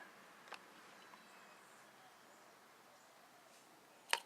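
A cartridge-style oil filter element is handled at the plastic filter housing bowl of a VR6 engine. The element has not seated or clicked into the housing yet. Faint handling noises and a small tick near 0.5 s come before a sharper, louder tick near 4.1 s, over a quiet background.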